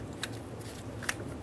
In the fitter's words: Push until you hear a click.